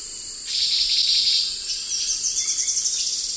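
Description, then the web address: Chestnut-shouldered antwren giving a high, buzzy trill followed by a rapid series of short, clipped notes, with constant insect hum behind. Recorded in the eastern lowlands of South America. "Natures Songs S America Eastern Lowlands. Chestnut-shouldered Antwren"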